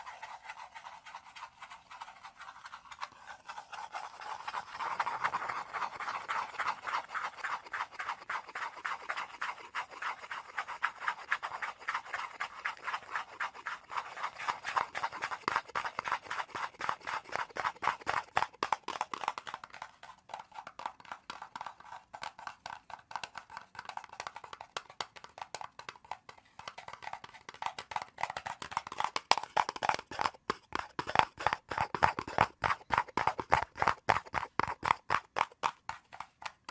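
Rapid tapping and scratching runs for the whole recording, a dense stream of quick, fairly regular ticks. The sound is mostly mid and bright, swelling around 5, 15 and 29 seconds and thinning out near 20 to 27 seconds.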